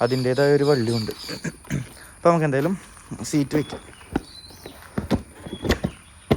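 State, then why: Seated. A motorbike seat is put back on and pressed down into its seat lock. Someone talks at the start, then a few sharp knocks and clunks follow around 4.2, 5.0 and 5.1 seconds. A final sharp hit at 6.3 seconds is the seat lock catching, and the seat is locked.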